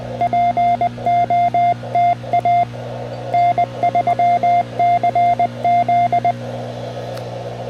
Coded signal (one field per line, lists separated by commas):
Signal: Morse code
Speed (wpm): 20 wpm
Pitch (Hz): 700 Hz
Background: none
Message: POTA N3CZ